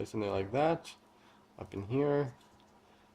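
A wiper blade is being handled at the J-hook end of a wiper arm while someone talks. No snap is heard, and nothing has seated or clicked yet.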